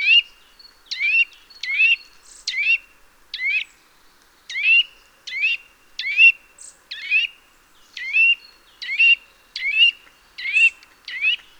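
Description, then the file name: Eurasian nuthatch giving repeated rising, slightly buzzy call notes, fairly loud and clear against a quiet background. "Sitta europaea"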